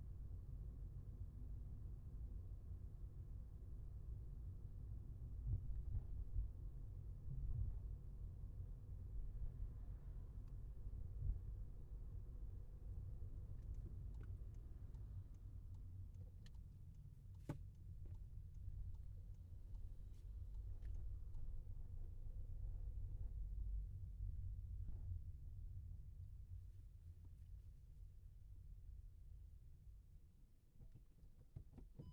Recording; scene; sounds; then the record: everyday scene through a hearing-aid microphone; in a vehicle; engine, rumble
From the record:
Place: Skoda Fabia, gasoline engine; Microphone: behind the ear, left, rear